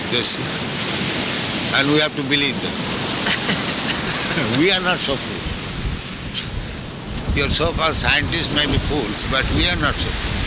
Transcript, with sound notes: Just see. And we have to believe them. [laughter] We are not so fool. Your so-called scientists may be fools, but we are not so fools.